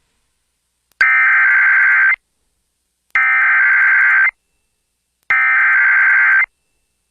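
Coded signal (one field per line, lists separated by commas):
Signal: Emergency Alert System (SAME) tones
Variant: header bursts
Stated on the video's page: Personally captured emergency alerts.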